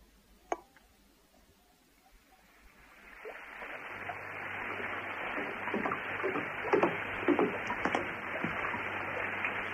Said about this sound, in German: Regnet es hier in Batchree immer so, Sergeant? Wenn es hier regnet, regnet es nur so. Und meistens regnet es hier.